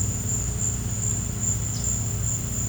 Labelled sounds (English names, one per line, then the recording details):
none
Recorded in pastures near Puerto Asís, Putumayo, Colombia, on 16 December 2024 at 13:30
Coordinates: 0.466, -76.322
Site G040